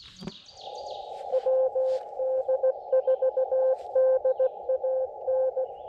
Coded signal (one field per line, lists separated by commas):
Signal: Morse code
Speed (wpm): 17 wpm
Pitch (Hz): 520 Hz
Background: none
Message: WD4DAN